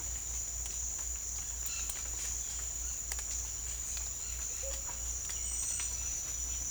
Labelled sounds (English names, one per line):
none